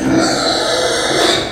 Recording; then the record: squeal of a Yucatan mini pig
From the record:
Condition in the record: before surgery on the right vocal fold (resection and tissue-engineered implant); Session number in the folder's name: 3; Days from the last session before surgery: 0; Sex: female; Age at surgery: 19 weeks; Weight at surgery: 25 kg